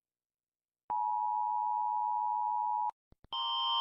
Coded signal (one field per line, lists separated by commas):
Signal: Emergency Alert System (SAME) tones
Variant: 853 and 960 Hz attention tone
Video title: 10 minutes and 22 seconds of Animated EAS alarm